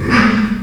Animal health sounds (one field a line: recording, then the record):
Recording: squeal of a Yucatan mini pig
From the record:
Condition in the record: after surgery on the right vocal fold (resection and tissue-engineered implant)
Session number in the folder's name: 13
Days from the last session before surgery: 113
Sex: female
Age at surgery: 19 weeks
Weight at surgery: 25 kg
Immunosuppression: prednisolone